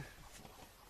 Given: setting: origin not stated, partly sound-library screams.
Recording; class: one-second piece from a danger detection set; normal situation